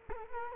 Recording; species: mosquito wingbeat signal from an infrared sensor; Culex quinquefasciatus